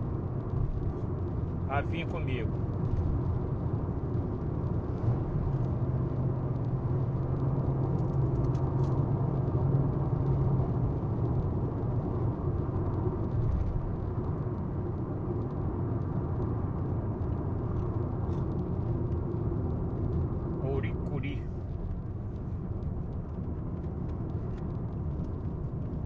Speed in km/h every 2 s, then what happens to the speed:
99, 100, 102, 105, 107, 105, 103, 102, 95, 87, 80, 78, 75.
0-7 speeds up to 107. 7-13 steady at about 105. 13-26 slows to 75.